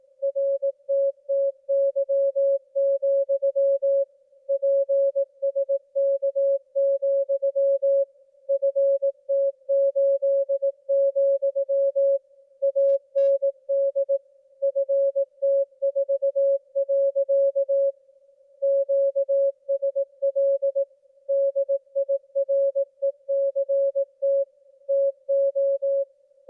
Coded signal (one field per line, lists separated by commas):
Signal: Morse code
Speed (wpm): 18 wpm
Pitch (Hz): 550 Hz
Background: music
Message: RTTY, PSK, FT8, AND FT4. QSL DIRECT TO